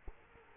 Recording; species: mosquito wingbeat signal from an infrared sensor; Culex quinquefasciatus